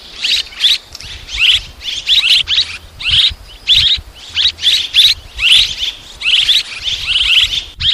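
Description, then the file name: Swallow chattering, a rapid series of high, thin, squeaky chirps and trills. "Tieng en nguc ran en vang"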